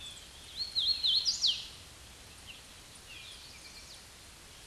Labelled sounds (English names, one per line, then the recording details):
Hooded Warbler song
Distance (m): 15 m
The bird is about 15 m above the microphone
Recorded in a Pennsylvania forest on 16 May 2024 at 07:24
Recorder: AudioMoth, point MSD-0814
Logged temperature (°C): 15.8 °C
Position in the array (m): 159 m, 117 m